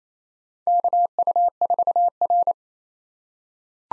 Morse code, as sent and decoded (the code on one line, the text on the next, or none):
-.- ..- ....- .-.
KU4R